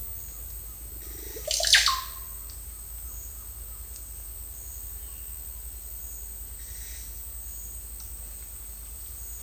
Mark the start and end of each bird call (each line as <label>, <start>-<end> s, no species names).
bird call, 1.21-1.98 s